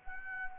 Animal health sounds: mosquito wingbeat signal from an infrared sensor; Anopheles arabiensis

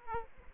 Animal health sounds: mosquito wingbeat signal from an infrared sensor; Aedes aegypti

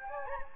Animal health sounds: mosquito wingbeat signal from an infrared sensor; Anopheles gambiae

